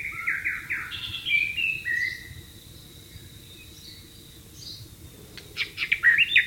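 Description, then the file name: White-rumped shama singing varied whistles, some rising and falling, a pause with soft high notes, then a lively rapid burst of sharp phrases at the end. "suara burung murai batu di alam liar"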